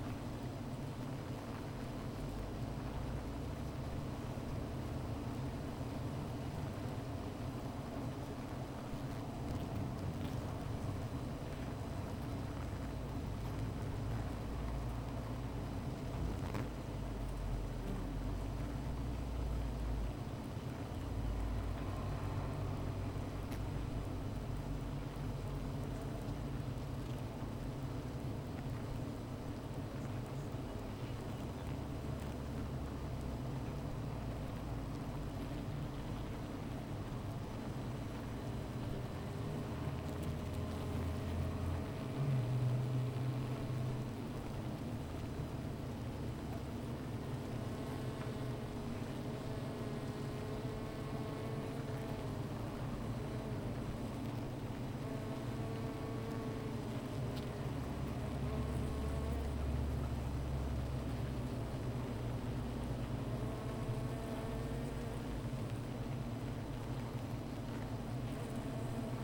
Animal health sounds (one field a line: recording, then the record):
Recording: honeybee colony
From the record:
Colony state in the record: missing queen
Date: 14 July 2017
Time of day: 15:27